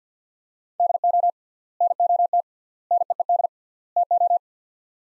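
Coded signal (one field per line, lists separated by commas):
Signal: Morse code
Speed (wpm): 50 wpm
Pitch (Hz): 700 Hz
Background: none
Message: DO NOT NEED TO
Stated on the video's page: Morse practice at 50 wpm, sets of four words with 3x word spacing, a word-based Farnsworth-like method.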